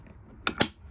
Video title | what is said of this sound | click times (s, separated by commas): Sprinter Van Build: Part One, Interior | keeps it snapped in place this is the coolest thing i have ever seen | 0.5 s